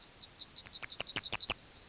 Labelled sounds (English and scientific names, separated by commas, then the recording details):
Yellowhammer (Emberiza citrinella) song
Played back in grassland
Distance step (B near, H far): B
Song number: 001